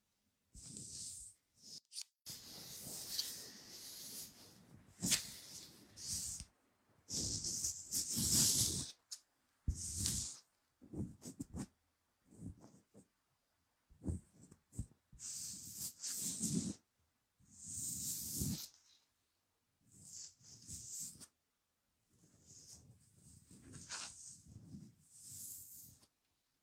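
Soft rustling of a hand stroking fur, heard as irregular bursts of hissy brushing lasting a second or two, separated by dead silences. A couple of sharp little clicks stand out, near five and ten seconds.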